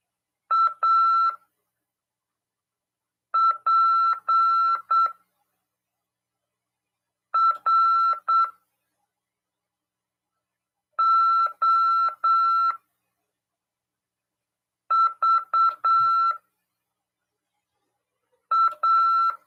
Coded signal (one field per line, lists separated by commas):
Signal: Morse code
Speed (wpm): 8 wpm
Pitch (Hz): 1340 Hz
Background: none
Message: APROVA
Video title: RADIOAMADOR 19/11/2022 "AULA 33: CW, LEGISLAÇÃO e C.RODADA" FM 146.410 Mhz. PY2EXU PAULO SP/SP RAF.